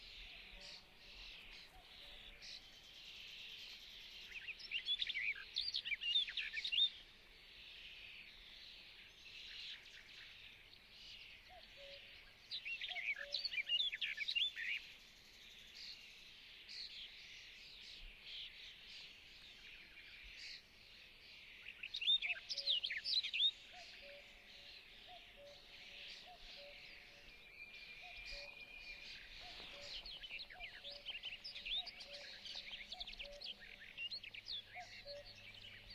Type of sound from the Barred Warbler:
song